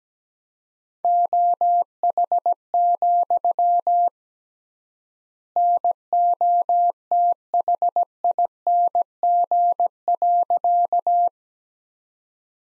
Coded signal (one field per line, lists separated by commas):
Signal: Morse code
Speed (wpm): 17 wpm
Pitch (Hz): 700 Hz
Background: none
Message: OH, NOTHING.